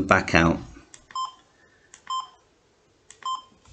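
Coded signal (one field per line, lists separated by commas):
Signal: none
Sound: radio key press beeps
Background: speech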